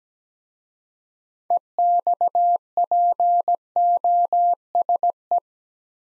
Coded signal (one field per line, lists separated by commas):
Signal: Morse code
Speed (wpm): 17 wpm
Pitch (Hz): 700 Hz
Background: none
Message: EXPOSE